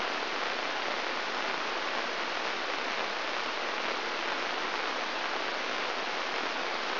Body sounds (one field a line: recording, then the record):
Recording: brain microelectrode recording played as sound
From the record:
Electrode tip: inside the subthalamic nucleus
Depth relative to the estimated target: 0 mm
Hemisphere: right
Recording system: AlphaMap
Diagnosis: Parkinson's disease